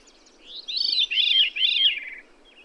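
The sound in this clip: Bird singing one short phrase of three to four looping, arched notes, clear and high, against a quiet background.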